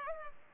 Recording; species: mosquito wingbeat signal from an infrared sensor; Culex pipiens